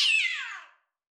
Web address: sounds Cat